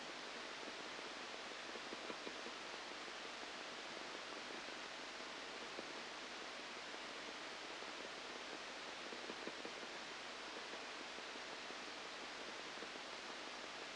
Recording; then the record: brain microelectrode recording played as sound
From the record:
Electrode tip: outside the subthalamic nucleus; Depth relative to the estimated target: -3 mm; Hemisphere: left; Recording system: NeuroSet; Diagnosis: Parkinson's disease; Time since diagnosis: 8 years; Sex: male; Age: 37 years